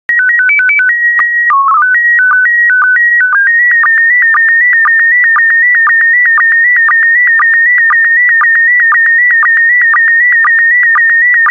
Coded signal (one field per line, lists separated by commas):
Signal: SSTV (slow-scan television)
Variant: PD 120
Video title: 116078 France SSTV PD120